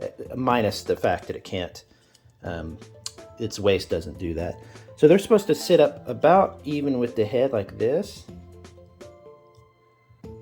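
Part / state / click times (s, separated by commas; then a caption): plastic model kit part into its transformed position on the body / not seated / none. Someone talks while moving a part of a 30 Minutes Missions Espossito Alpha plastic model kit into its transformed position on the body, so it sits about even with the head. Faint plastic contact taps are heard near 8.7, 9.0 and 10.3 seconds, but the part has not snapped or clicked into place; it just rests there.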